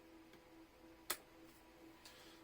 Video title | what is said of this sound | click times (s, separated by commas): Dell PowerEdge R710 Teardown w/ Step-by-Step Explanations - Great for Folks Looking to Learn! - P1 | And it just kind of push, slide, and you hear a click. Do that one more time. | 1.1 s